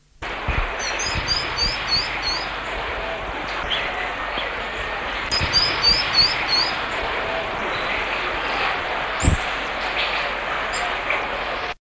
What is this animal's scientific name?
Chrysothlypis chrysomelas